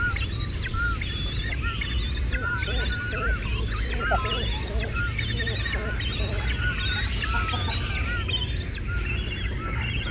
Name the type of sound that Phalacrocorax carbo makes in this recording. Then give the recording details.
call. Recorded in the wild. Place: Niederhof, Insel Rügen, Mecklenburg-Vorpommern, DE. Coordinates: 54.255, 13.193. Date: 1970-06-05. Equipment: Nagra III BH, Sennheiser MD 21, parabola. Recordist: Schubert, Michael